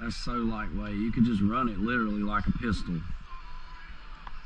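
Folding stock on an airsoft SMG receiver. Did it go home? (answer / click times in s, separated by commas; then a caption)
no / none. A man talks while handling a G&G SMC-9 airsoft submachine gun replica, with its folding stock on the receiver being swung out toward the open position. Faint handling noise sits under the voice near the end. The clip ends before the stock locks into place, so nothing has seated or clicked yet.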